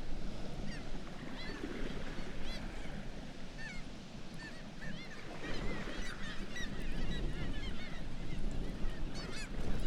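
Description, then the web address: Black-legged kittiwake calls: many nasal cries overlapping from a crowd of birds, over a steady low rumble. "sound Black-legged-kittiwake. صدای-پرنده-کاکایی-پاسیاه"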